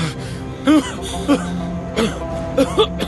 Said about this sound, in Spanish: Es una tos convulsiva. Ella le tapa la boca con un paño.